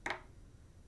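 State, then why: Seated. An overdenture with retention inserts seated in their matrix housings is pressed down onto two implant abutments in a patient's mouth. Two sharp snaps sound at 0.1 s and 0.1 s (0.06 and 0.11 s), then only faint low background noise follows. The overdenture is confirmed seated.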